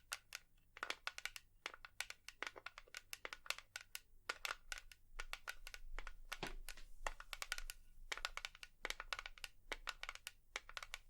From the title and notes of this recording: ASMR 100% Tapping for EXTREME tingles & sleep (No Talking).